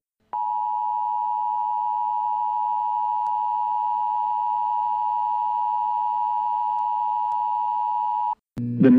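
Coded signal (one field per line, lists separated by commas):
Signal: Emergency Alert System (SAME) tones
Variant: 853 and 960 Hz attention tone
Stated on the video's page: Tornado warning EAS alerts, including two PDS tornado warnings, issued for the Trenton area.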